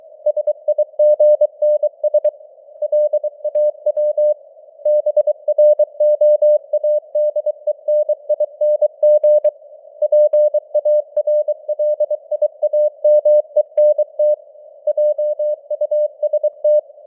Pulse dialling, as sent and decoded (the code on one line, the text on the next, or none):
none